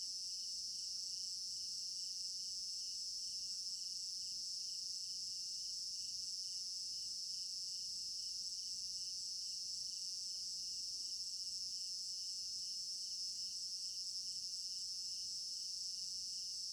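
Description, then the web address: Crickets chirping in a dense, steady high-pitched chorus with a pulsing beat, unbroken throughout, with a few faint soft ticks underneath. Crickets in an African village garden at night; stereo binaural recording. "African-Village Garden Night Crickets Stereo-Binaural. immersive sound library"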